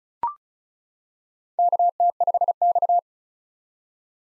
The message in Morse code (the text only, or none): KT5X